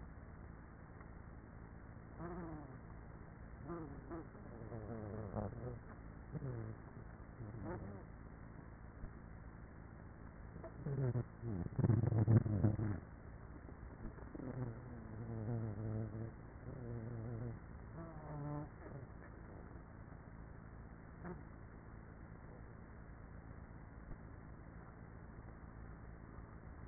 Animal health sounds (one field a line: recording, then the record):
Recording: honeybee colony, microphone inside the hive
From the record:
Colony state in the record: queenless with a low population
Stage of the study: after two queens were removed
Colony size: about 30,000 bees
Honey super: no